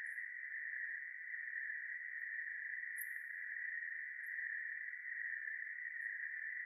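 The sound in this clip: Cricket trill, a steady unbroken buzz holding one pitch throughout, with faint brief high ticks above it.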